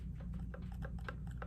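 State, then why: Not seated. Someone tries to press the lid of a small plastic cream blush and bronzer cheek palette, the Born to Blush palette, shut onto its compact base, but the lid never shuts all the way. Light handling taps land at about 0.5, 0.7, 0.9, 1.1, 1.3 and 1.4 seconds over a steady low hum. The lid has not clicked shut.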